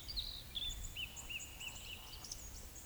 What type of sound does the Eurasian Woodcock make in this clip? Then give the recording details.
whistle, croak. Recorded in Baden-Württemberg, Germany, on 11 June 2021 at 19:42 UTC. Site 24608, 624 m above sea level